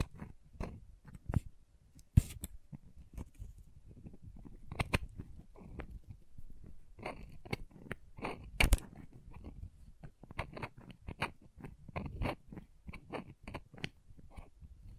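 Crayons tap and scrape in a quick, irregular series of short dry clicks and crunchy scratches, several per second, across the whole span. Sharper, brighter snaps stand out near two seconds and again around nine seconds, over a low soft rumble of handling.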